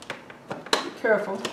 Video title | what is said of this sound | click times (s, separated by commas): Vegan Jambalaya | once you hear the snap then | 0.7 s